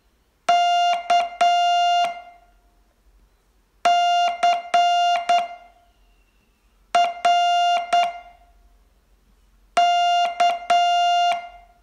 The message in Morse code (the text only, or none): K C R K